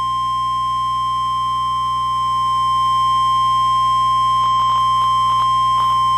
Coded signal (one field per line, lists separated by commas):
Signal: Emergency Alert System (SAME) tones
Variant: 1050 Hz attention tone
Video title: EAS Capture #5: Severe Thunderstorm Warning on Z93 93.3FM